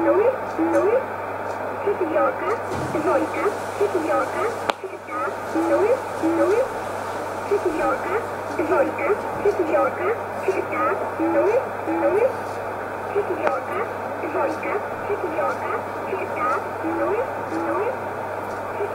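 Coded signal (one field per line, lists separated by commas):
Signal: numbers station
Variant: S11a Cherta, English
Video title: 21 09 2018 S11a Cherta Numbers station in English to Eu 1020 on 7469 unknown tx site in USB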